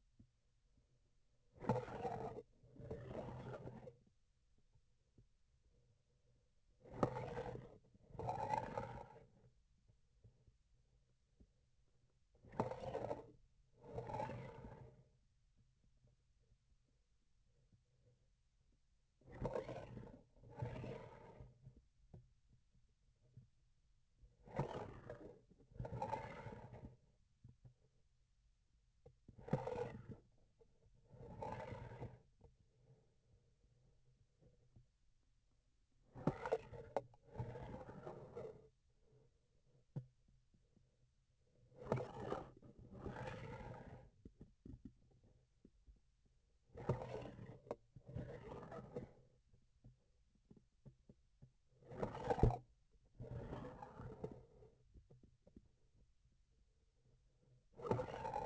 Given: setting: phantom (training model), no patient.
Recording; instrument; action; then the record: laparoscopic instrument, vibration sensor on the handle end; grasping forceps; approaching and retracting movements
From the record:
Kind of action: spatial motion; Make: other than Olympus